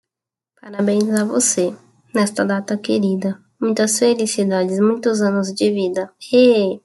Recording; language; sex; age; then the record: short text; Brazilian Portuguese; female; 20 to 29 years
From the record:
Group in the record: control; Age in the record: 28 years